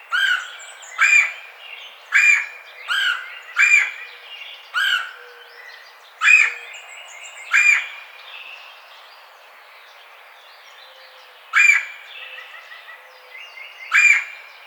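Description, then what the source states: Red-bellied woodpecker calls, harsh rolling notes repeated at irregular intervals. Recorded 4 May 2009.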